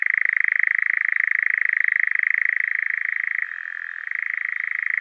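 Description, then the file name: European nightjar's unbroken reeling churr, a fast mechanical trill that dips briefly lower in pitch before resuming its even tone. "Eurasian Nightjar"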